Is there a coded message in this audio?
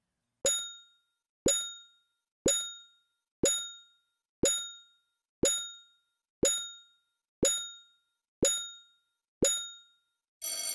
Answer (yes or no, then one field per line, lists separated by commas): no